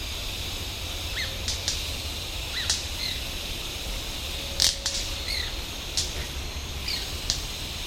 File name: White-bearded Manakin